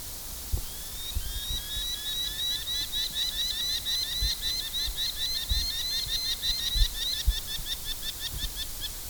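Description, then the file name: Northern goshawk calls: an opening rising note, then a long fast series of sharp repeated notes that become more clipped toward the end, over steady low background noise. Three fledged chicks. "goshawks eaglecrest"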